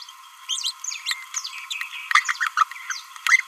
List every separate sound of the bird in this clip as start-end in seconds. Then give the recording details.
0.48-0.58, 1.05-1.15, 2.14-2.24, 2.39-2.48, 2.56-2.64, 3.26-3.42. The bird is a female. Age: 26 days. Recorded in a nest box in Venezuela. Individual 17B31A3